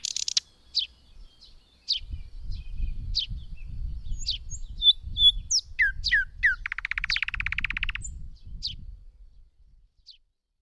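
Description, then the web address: Thrush nightingale song: scattered high notes and clicks building to a fast rattle, then a few final notes as it falls quiet; low rumble throughout. "Madardalok Nagy fülemüle"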